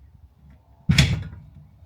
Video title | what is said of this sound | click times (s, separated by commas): $100 Sprinter Seat Swivels?! Install & Review | It's locked into place. | 1.0 s